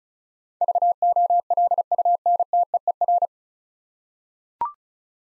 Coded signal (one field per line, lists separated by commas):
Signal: Morse code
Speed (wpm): 36 wpm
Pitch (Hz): 700 Hz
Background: none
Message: VOLUNTEER